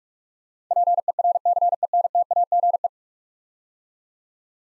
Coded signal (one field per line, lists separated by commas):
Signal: Morse code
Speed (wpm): 41 wpm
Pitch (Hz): 700 Hz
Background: none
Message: PERCENTAGE